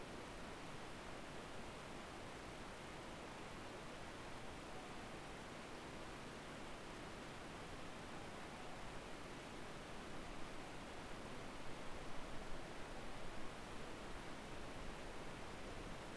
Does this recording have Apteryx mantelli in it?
no